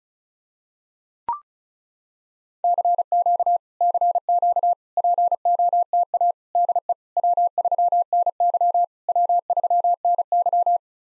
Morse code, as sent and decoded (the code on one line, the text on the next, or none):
-.-. --.- / -.-. --.- / .--. --- - .- / -.. . / .-- ...-- -. -.-- / .-- ...-- -. -.--
CQ CQ POTA DE W3NY W3NY